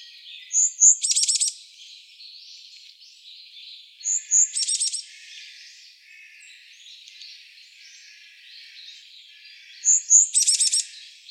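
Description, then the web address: Varied tit song: three loud phrases a few seconds apart, each two piercing high notes then a rapid rattling trill, over faint continuous bird twittering. Song sounding like a Japanese robin's; recorded 8 April 2014. "birdenaga yamagara koma-like 140408"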